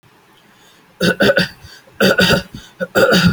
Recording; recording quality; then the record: shallow voluntary cough; excellent, no background noise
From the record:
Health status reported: exposed to COVID-19, no respiratory illness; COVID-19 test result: not tested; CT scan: not taken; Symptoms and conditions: none ticked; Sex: male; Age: 20 years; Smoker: no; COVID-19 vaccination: none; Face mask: not worn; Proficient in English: yes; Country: India